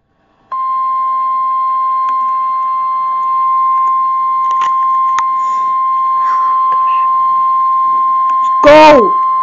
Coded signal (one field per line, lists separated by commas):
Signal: Emergency Alert System (SAME) tones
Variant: 1050 Hz attention tone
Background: speech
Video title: My First Special Marine Warning [EAS #409]